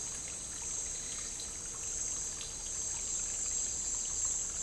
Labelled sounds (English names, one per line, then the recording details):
none
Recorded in dense forest near Puerto Asís, Putumayo, Colombia, on 9 March 2025 at 11:00
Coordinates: 0.467, -76.328
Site G041